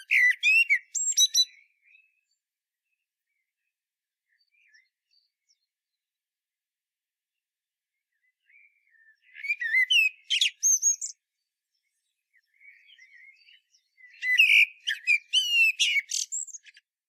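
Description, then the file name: Common blackbird song: three loud phrases of jumbled, high twittering, with quiet gaps and a few soft notes between. "Turdus merula"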